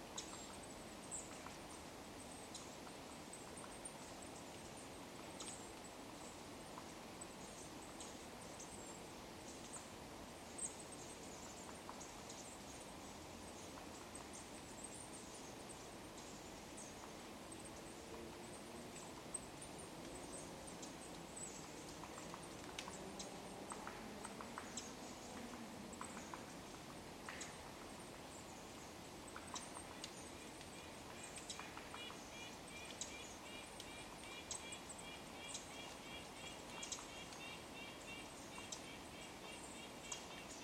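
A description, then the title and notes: Small forest birds call thinly and high over steady background hiss, with scattered sharp taps throughout and a quick repeated chatter after thirty seconds. Forest Park in Winter. Forest Park, Portland, Oregon. High frequency calls of Downy Woodpecker, Golden-crowned Kinglet, Chestnut-backed Chickadee, Red-breasted Nuthatch, Black-capped Chickadee, Bushtit, Pacific Wren and others.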